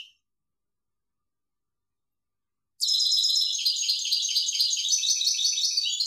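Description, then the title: European goldfinch song: after a brief faint note and nearly three seconds of silence, a fast, high, tinkling twitter of rapid notes begins and continues to the end. "Chant Chardonneret"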